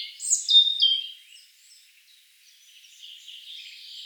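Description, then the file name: European robin song, a short bright phrase of sliding, tinkling notes at the start, then fading to soft, thin warbling against a quiet hiss. "Erithacus rubecula"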